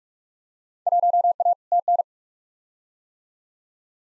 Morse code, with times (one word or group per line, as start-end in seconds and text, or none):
0.9-1.5 1A
1.7-2.0 TN